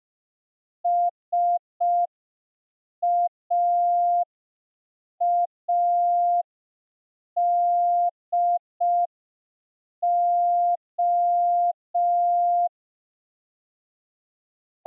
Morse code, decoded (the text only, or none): SAADO